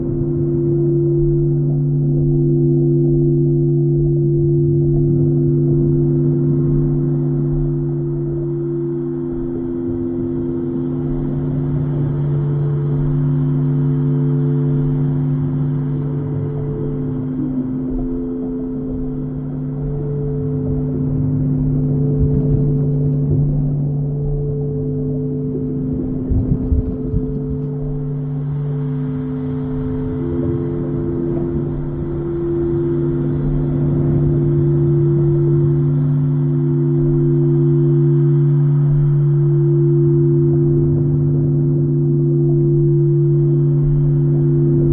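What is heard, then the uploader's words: Singing bowls hum in long, steady low tones layered over a soft underwater-like rumble, the pitches overlapping and shifting slowly in strength. The drone stays dense and even throughout, broken only by a brief knock or click around the middle. Soundscape singing bowls, deep sea healing on the Great Barrier Reef.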